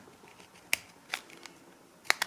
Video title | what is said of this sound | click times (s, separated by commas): Action Camera Re-focus for Underwater | it really just pops off there | 2.1 s